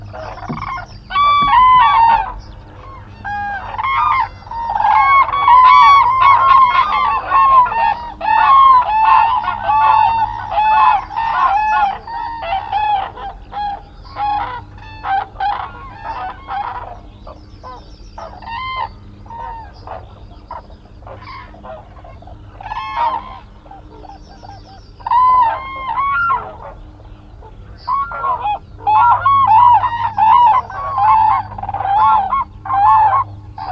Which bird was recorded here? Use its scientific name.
Grus virgo